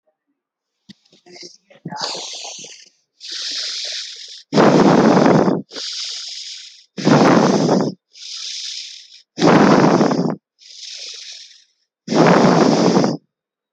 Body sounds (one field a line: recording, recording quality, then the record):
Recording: deep breathing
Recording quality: excellent, no background noise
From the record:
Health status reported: healthy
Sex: male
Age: 36 years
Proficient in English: yes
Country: India